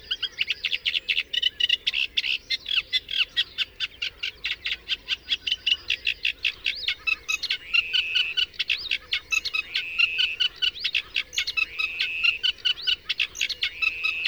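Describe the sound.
Bird song as a dense, continuous chatter of quick high chirps and trills, pulsing steadily throughout with short whistled notes mixed in.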